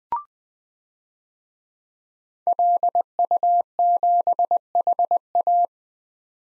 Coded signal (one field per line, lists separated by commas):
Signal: Morse code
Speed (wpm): 21 wpm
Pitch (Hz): 700 Hz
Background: none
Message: LU7HA